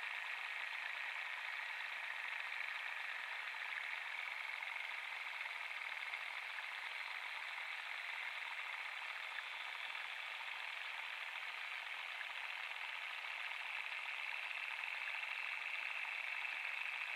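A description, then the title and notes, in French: An underwater hydrophone recording from a park pond: a dense, unbroken crackle and hiss that holds steady for the whole clip. The sound sits in the middle and upper range with a brighter band on top, almost nothing deep below, and no separate events stand out. Enregistrement hydrophonique, Parc Jean-Jacques Rousseau (Ermenonville, France). Sound Devices 722; Aquarian Audio H2a-XLR hydrophones.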